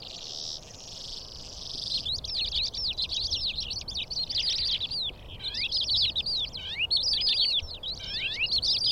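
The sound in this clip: Calandra lark song opening with a grating buzz, then a fast run of sharp, sweeping whistles and chirps in tumbling phrases.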